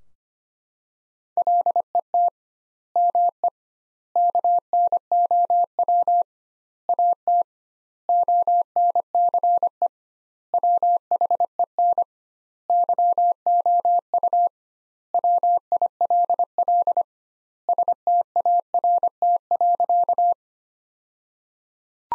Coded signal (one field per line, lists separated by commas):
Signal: Morse code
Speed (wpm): 25 wpm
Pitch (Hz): 700 Hz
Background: none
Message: LET ME KNOW AT ONCE WHEN YOU WILL START.